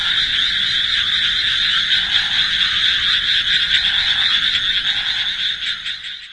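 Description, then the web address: Frog chorus, a loud dense mass of rapid high trilling croaks from many frogs, steady and overlapping, fading slightly at the end. Chorus of frogs; dated June 14, 2025. "c-soumei-rengou 2025 06 14 カエルの合唱"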